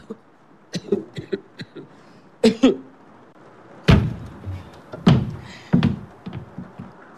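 A wooden milking stool is brought in from the kitchen and set down: a scattered run of hollow wooden knocks and clunks, with several heavier thuds standing out among lighter taps, no voices.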